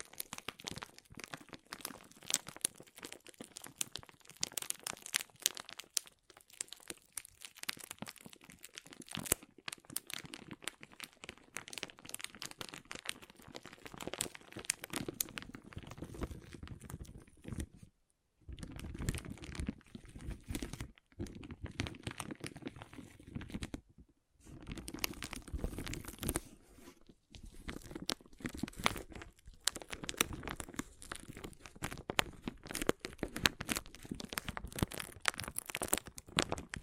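Water beads shift and rub against each other in a dense, continuous crackle of tiny clicks and squishes, full of bright detail over a softer low rustle. The texture swells and thins unevenly, with brief near-silent gaps around 18 and 24 seconds.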